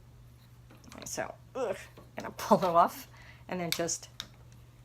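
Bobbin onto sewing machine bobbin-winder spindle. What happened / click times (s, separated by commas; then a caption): Part handled and pulled off, not yet seated / none. A bobbin is handled at the metal bobbin-winder spindle of a Singer Industrial 400W21 sewing machine, with someone talking over faint handling sounds and a steady low hum. It is being pulled off so it can be pushed back on, and nothing has clicked or seated onto the spindle yet.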